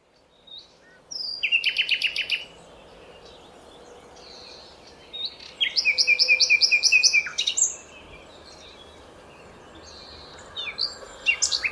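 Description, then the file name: Common nightingale song with a rapid rattling trill, a second phrase of evenly repeated ringing notes and a brief closing flourish, separated by short silences. "Luscinia megarhynchos"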